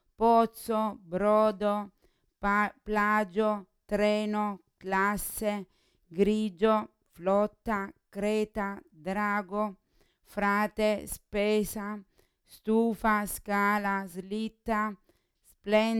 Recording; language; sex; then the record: read list of words; Italian; female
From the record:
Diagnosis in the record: Parkinson's disease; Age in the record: 40 years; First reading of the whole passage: 61 s, 7.8 characters per second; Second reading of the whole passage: 52 s, 9.9 characters per second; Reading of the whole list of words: 55 s, 5.1 characters per second